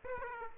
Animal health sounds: mosquito wingbeat signal from an infrared sensor; Aedes aegypti

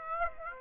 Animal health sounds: mosquito wingbeat signal from an infrared sensor; Aedes aegypti

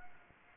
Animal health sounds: mosquito wingbeat signal from an infrared sensor; Anopheles gambiae

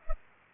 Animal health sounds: mosquito wingbeat signal from an infrared sensor; Culex pipiens

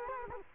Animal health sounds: mosquito wingbeat signal from an infrared sensor; Culex quinquefasciatus

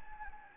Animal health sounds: mosquito wingbeat signal from an infrared sensor; Anopheles gambiae

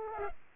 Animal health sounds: mosquito wingbeat signal from an infrared sensor; Culex pipiens

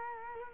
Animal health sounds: mosquito wingbeat signal from an infrared sensor; Culex quinquefasciatus

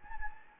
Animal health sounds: mosquito wingbeat signal from an infrared sensor; Anopheles gambiae

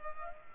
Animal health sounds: mosquito wingbeat signal from an infrared sensor; Culex pipiens

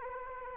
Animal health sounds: mosquito wingbeat signal from an infrared sensor; Anopheles arabiensis

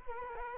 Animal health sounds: mosquito wingbeat signal from an infrared sensor; Culex quinquefasciatus

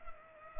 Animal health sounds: mosquito wingbeat signal from an infrared sensor; Culex pipiens

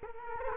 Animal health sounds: mosquito wingbeat signal from an infrared sensor; Culex quinquefasciatus

